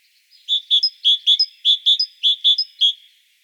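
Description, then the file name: Great tit giving a quick repeated two-note song, bright ringing notes alternating in pitch, several phrases delivered in a steady rhythm. "Parus major"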